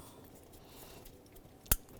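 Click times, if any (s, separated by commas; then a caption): 1.7 s. A wiring harness connector is plugged back onto the distributor wiring plug of a 1992–1996 Ford F-150 during a distributor replacement. After a stretch of quiet low background noise, a single loud, sharp click sounds at 1.7 seconds as the connector seats.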